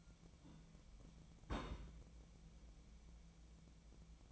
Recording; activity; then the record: daily activity, microphone in the room; place on stove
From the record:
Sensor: 1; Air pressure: 1010.0 hPa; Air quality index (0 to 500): 187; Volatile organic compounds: 17 ppm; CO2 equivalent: 2570 ppm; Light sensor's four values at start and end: 38/98/41/50 and 38/97/40/49